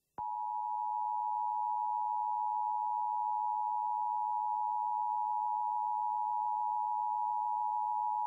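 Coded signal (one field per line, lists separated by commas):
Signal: Emergency Alert System (SAME) tones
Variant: 853 and 960 Hz attention tone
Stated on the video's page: Iowa Required Monthly Tests relayed to Iowa radio and TV stations after originating from an AM station; one relay failed.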